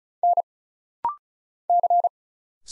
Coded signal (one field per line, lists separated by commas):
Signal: Morse code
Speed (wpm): 33 wpm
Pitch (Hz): 700 Hz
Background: none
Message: N C